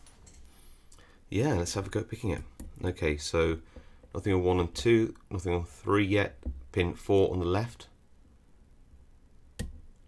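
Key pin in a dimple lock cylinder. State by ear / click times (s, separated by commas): seated / 9.6 s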